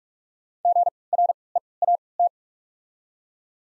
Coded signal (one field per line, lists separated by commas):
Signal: Morse code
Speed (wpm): 48 wpm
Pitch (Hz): 700 Hz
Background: none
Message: G R E A T